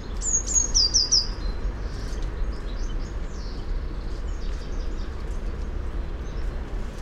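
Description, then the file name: Eurasian blue tit giving one brief high phrase of level then falling notes at the start, followed by faint twittering and a steady low background rumble. "Cyanistes caeruleus"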